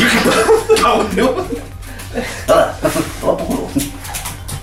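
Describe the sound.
A female dog gives short yelping barks and high whimpers in uneven bursts, mixed with excited human voices and chuckling over a low steady hum.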